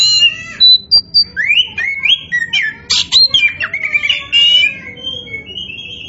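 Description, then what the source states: Oriental magpie-robin song: loud, rapid medley of rising and falling whistles with harsh scratchy notes and clicks, continuous for about six seconds. Kacer poci form of Oriental magpie-robin, described as gacor, a bird singing continuously and vigorously.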